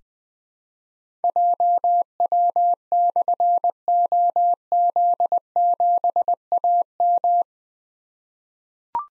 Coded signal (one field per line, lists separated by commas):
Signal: Morse code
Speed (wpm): 20 wpm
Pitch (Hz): 700 Hz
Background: none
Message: JW/OZ7AM